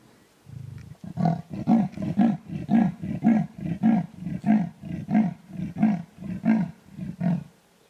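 Clouded leopard giving a rapid run of about a dozen low, harsh grunting pulses, roughly two per second, steady in strength, then stopping.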